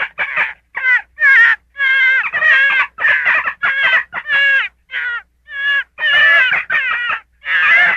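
Gray fox uttering repeated yapping calls, each a short harmonic bark, coming in quick succession.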